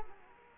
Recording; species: mosquito wingbeat signal from an infrared sensor; Culex quinquefasciatus